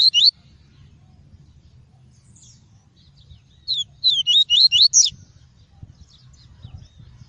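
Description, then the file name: Double-collared seedeater: a short note, then after a quiet spell a rapid run of several rising and falling whistled notes. Faint high ticks follow. Song of the "tui-tui" variety. "canto do papa capim tui tui"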